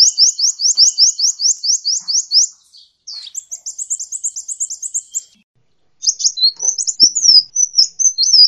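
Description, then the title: Hummingbird calls: a fast run of high, sharp, slurred notes, then a buzzy chattering series, a short pause, and varied squeaky twitters. "kolibri"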